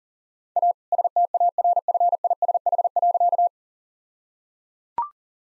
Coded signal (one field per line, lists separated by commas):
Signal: Morse code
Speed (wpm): 37 wpm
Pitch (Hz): 700 Hz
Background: none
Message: A STARFISH.